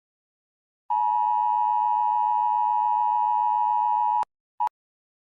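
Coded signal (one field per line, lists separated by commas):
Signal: Emergency Alert System (SAME) tones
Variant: 853 and 960 Hz attention tone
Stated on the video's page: Fictional EAS scenario alert for a hurricane.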